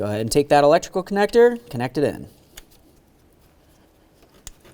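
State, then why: Seated. The wiring harness electrical connector is pushed onto the new camshaft position sensor on the engine of a 1999-2003 Toyota Solara, after someone talks for about the first two seconds. A brief tick at 2.6 s precedes a sharp click at 4.5 s as the connector seats securely on the sensor.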